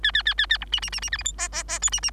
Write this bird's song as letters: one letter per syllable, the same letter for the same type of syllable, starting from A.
A A A A A B C C C C D E F G G G H C C